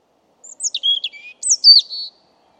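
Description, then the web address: European robin song: descending sliding whistles followed by a sharp high swoop and a sustained trilled note, crisp and very high against silence. "Deverinetal 2025"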